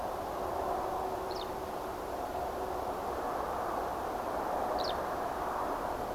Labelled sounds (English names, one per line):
Eurasian Skylark